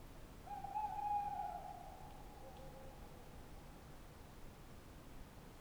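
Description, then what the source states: Tawny owl hoot: a single long, steady, low note that fades slowly into a faint trailing tone. Tawny owl at night on wooded banks of the Dordogne near Limeuil (Alles-sur-Dordogne), France, under a starry sky; end of Cadouin festival Les Rencontres du Réel; Sonosax SX-R4+ recorder, DPA 4022 ORTF microphones.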